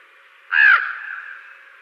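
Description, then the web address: Fan-tailed raven giving one loud, slightly descending caw that fades slowly afterward. "Schulze Peter Fan-tailed Raven"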